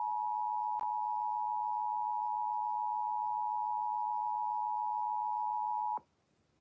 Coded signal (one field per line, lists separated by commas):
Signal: Emergency Alert System (SAME) tones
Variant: 853 and 960 Hz attention tone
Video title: EAS Severe T’storm Warning #30 3/14/25 (Credit Goes To @SouthernPennsylvaniaWX & @KanawhaCountyWX)